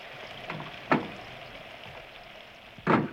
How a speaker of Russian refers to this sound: Этот нудный дождь разогнал даже всех любопытных от дома.